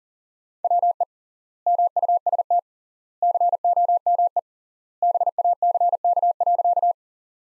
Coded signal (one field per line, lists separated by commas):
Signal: Morse code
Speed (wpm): 37 wpm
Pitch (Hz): 700 Hz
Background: none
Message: WE MUST COME BACK.